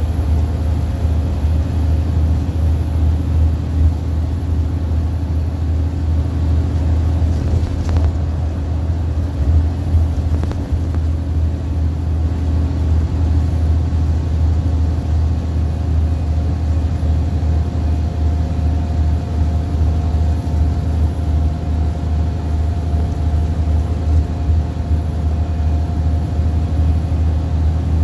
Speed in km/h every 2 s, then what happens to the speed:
79, 79, 81, 81, 81, 81, 79, 77, 77, 77, 77, 77, 77, 79.
0-28 steady at about 79.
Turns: none.